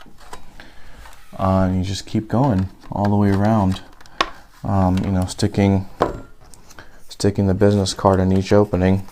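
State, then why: Released. A plastic snap clip joining the top shell to the bottom shell of a DJI Phantom 3 Pro drone pops open at 0.6 s as the shell is pried around, with a business card pushed into each opening, handled less carefully because the shell is going to be replaced. The clip releases with a short sharp click, and someone talks over the work.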